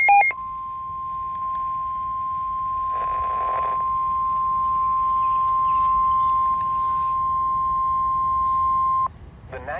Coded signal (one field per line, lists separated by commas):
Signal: Emergency Alert System (SAME) tones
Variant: 1050 Hz attention tone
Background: speech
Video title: EAS Alerts from 4/18-4/30/24 [EAS #1,314-1,319]